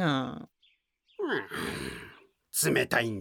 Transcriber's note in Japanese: 溜息